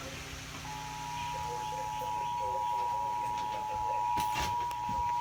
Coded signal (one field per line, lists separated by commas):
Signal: Emergency Alert System (SAME) tones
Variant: 853 and 960 Hz attention tone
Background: speech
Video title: EAS#3 national periodic test NBC 8/7/2019